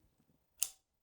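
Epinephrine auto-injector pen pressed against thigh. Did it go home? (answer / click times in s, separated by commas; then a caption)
yes / 0.6 s. An epinephrine auto-injector pen pressed against the thigh activates with a single quiet, sharp click at 0.6 s. Faint low rustling comes before it. The pen has fired.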